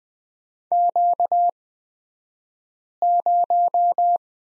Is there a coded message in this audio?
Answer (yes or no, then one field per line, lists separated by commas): yes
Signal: Morse code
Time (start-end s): 0.7-4.2 s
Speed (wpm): 20 wpm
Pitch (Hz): 700 Hz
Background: none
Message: Q0